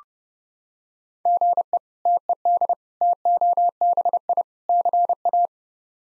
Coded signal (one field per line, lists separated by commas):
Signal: Morse code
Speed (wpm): 30 wpm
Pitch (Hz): 700 Hz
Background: none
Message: GE TED TOBI CA